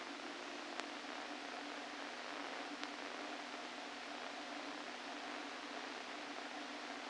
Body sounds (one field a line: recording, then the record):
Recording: brain microelectrode recording played as sound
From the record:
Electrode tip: inside the subthalamic nucleus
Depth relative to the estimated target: 1 mm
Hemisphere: left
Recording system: NeuroSet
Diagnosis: Parkinson's disease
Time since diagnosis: 13 years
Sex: male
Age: 49 years